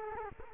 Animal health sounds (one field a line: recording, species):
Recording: mosquito wingbeat signal from an infrared sensor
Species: Culex quinquefasciatus